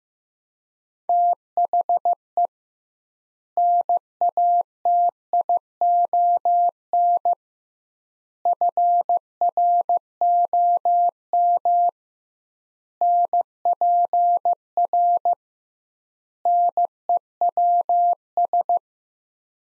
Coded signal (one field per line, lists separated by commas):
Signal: Morse code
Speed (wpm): 15 wpm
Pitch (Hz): 700 Hz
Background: none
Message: THE NATION FROM NPR NEWS